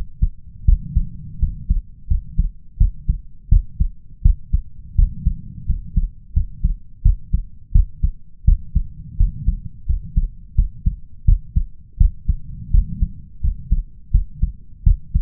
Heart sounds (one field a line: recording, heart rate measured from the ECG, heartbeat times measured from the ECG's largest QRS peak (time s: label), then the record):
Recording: heart sounds by stethoscope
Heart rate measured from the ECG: 85 bpm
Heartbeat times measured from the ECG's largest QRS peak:
0.65 s: heartbeat
1.39 s: heartbeat
2.07 s: heartbeat
2.77 s: heartbeat
3.48 s: heartbeat
4.22 s: heartbeat
4.95 s: heartbeat
5.65 s: heartbeat
6.33 s: heartbeat
7.02 s: heartbeat
7.71 s: heartbeat
8.44 s: heartbeat
9.16 s: heartbeat
9.86 s: heartbeat
10.55 s: heartbeat
11.24 s: heartbeat
11.97 s: heartbeat
12.70 s: heartbeat
13.40 s: heartbeat
14.11 s: heartbeat
14.83 s: heartbeat
From the record:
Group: healthy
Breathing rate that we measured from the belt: 15 breaths a minute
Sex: male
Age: 21 years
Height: 180 cm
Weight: 67.5 kg